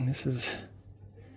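A metal oil pressure sensor is being handled and turned backwards at the start of the engine block threads on a 2014 Ram 1500 5.7L while someone talks. No click is heard; the sensor has not yet caught the threads, and nothing has seated or clicked.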